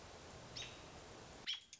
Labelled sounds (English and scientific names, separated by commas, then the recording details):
American Robin (Turdus migratorius)
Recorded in Sonoma County, California